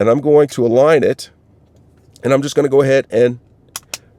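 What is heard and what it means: The plastic back panel of a Subaru Outback key fob is aligned and pressed down onto the fob body. Someone talks, then the panel snaps into place with two sharp clicks at 3.8 s and 3.9 s, seating it shut.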